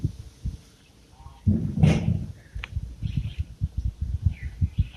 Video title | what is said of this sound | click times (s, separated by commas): 來令片磨損異常.碟盤偏磨?煞車卡鉗導銷更換與容易被忽視的細節(Brake caliper guide pin replacement and easily overlooked details) | 防尘套换新以后，它就直接卡住了，它不会 | 2.6 s